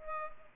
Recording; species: mosquito wingbeat signal from an infrared sensor; Culex pipiens